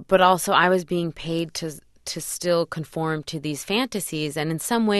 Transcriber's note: none